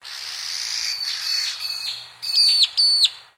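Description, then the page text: Magpie-lark juvenile calling: soft, raspy notes at first, then two loud, ringing whistled notes that fall slightly at the end. Juvenile call, Queensland. "Bird Magpie Lark (Peewee) Juvenile Call. Birds in Queensland"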